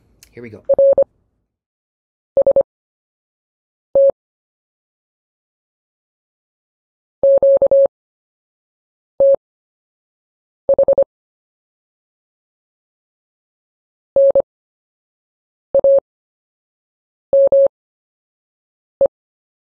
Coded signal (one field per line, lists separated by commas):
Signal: Morse code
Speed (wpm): 25 wpm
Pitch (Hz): 550 Hz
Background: speech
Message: RST QTH NAME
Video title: CW Anchor Words Module 1 Slow Speed Workout